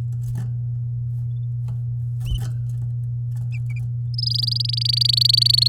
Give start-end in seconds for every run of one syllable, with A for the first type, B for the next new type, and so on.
4.14-5.68 A